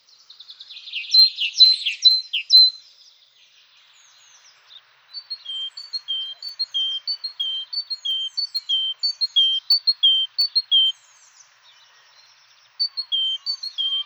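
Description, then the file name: Great tit song: after a burst of busy chattering notes, a long series of ringing two-note whistled phrases, high then lower, repeated steadily, then resuming after a short gap. "Kjøttmeis"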